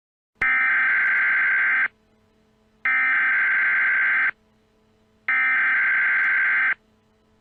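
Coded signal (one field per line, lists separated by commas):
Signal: Emergency Alert System (SAME) tones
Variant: header bursts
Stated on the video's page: Simulated April Fools EAS scenario, a joke severe thunderstorm warning.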